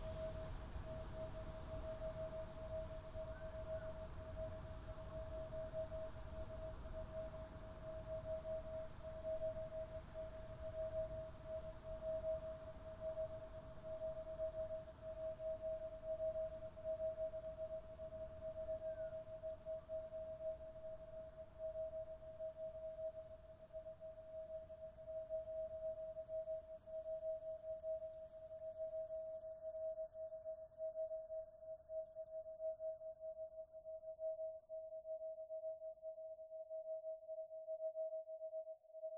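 A digitally processed recording of Niagara Falls, reduced to a single steady pure tone that rings unbroken through the whole clip. Beneath it a low, rumbling wash churns and slowly thins, while a faint hiss above fades away toward the end.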